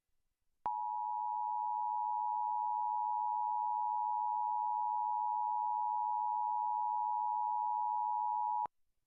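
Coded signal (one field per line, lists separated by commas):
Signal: Emergency Alert System (SAME) tones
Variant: 853 and 960 Hz attention tone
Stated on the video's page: Required test aired on a TV station.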